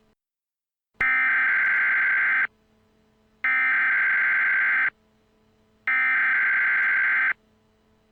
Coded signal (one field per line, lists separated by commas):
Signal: Emergency Alert System (SAME) tones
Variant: header bursts